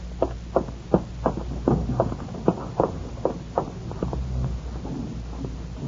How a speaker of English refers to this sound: Meta looks up as footsteps ring out of the dim corridor beyond her cell. Looks up as she sees a guard approaching.